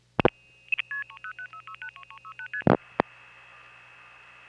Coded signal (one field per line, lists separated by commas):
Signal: multi-frequency trunk signalling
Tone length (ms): 80 ms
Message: 30636ST